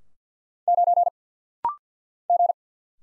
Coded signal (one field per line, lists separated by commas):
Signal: Morse code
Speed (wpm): 46 wpm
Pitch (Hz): 700 Hz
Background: none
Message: 9 G